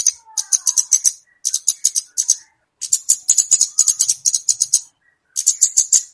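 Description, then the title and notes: Flowerpecker calls: busy bursts of high, sharp chirping ticks in quick succession, with faint lower twittering notes in the background. Calls used to lure birds. "Kicau Untuk Pancing Burung Kemade ( Cabe Cabean). Suara Burung Cabe Cabean Pikat"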